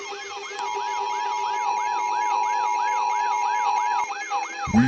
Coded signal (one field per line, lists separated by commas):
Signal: Emergency Alert System (SAME) tones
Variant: 853 and 960 Hz attention tone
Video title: Eas scenario: Saturn devours Earth